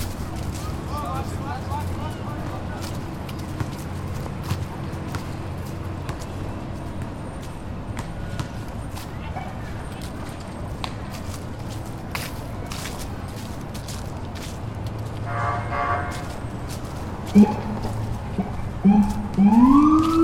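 A walk through a city park, with a steady low rumble of traffic and murmuring voices all along. Scattered sharp knocks and slaps recur, like a ball or footsteps on pavement. Near the end a rising siren-like wail sweeps in and grows louder.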